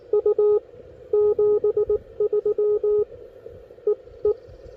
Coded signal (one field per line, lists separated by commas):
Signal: Morse code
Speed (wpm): 22 wpm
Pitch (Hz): 410 Hz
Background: none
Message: U 73 E E